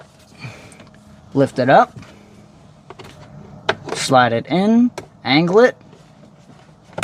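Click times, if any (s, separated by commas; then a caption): 7.0 s. During a cabin air filter replacement on a 2007–2012 Hyundai Santa Fe, a plastic glove box clasp is lifted, slid in and angled into its dashboard slot while someone talks. It is then pushed up and clicks into place at 7.0 s and 7.0 s, leaving the clasp seated.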